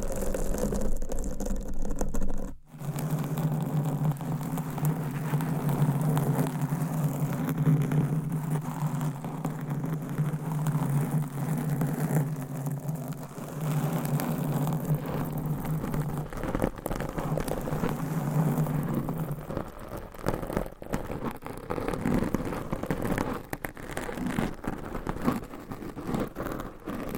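Dense, continuous scratching on a microphone with a low steady rumble, a sharp break near three seconds, then sputtering, uneven scraping after twenty seconds.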